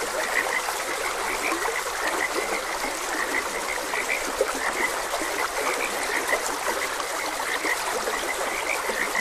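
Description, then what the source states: Frog chorus of continuous overlapping croaks and chirps, heard over a constant rush of flowing water. Frogs croaking beside a gentle stream.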